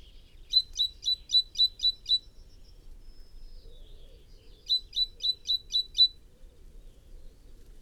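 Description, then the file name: Great tit giving two rapid runs of sharp high notes, evenly spaced, with a faint thin whistle between the runs. "Parus major"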